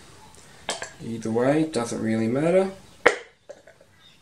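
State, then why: Seated. A new paper oil filter cartridge is pushed into the filter housing cap on the ZD30 diesel engine of a Navara D22 while someone talks. A sharp click at 3.1 s marks the element seating in the housing, followed by a few faint taps.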